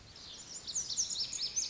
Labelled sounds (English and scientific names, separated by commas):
Lazuli Bunting (Passerina amoena)